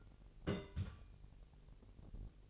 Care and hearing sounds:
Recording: daily activity, microphone in the room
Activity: place on stove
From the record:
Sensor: 4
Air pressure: 1002.8 hPa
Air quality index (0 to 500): 244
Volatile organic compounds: 11 ppm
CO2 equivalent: 2289 ppm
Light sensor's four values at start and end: 8/17/7/7 and 8/18/7/7

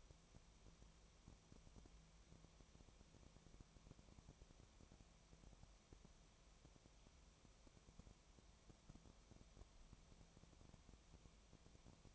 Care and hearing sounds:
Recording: daily activity, microphone in the room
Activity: no activity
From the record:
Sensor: 1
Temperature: 19.4 degrees Celsius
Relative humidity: 35.7%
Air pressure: 1003.3 hPa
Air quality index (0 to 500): 113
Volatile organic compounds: 2 ppm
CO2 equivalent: 1260 ppm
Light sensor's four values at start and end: 1/2/1/1 and 1/2/1/1

